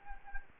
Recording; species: mosquito wingbeat signal from an infrared sensor; Anopheles gambiae